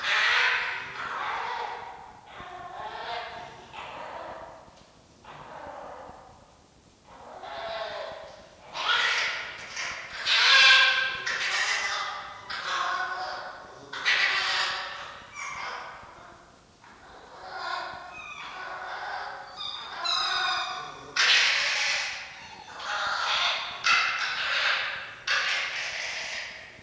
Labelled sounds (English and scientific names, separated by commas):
Red Fox (Vulpes vulpes)